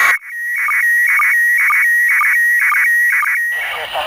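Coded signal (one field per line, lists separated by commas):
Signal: SSTV (slow-scan television)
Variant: PD 120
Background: speech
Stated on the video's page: ISS contact with a school, received on 145.800 MHz FM over Europe.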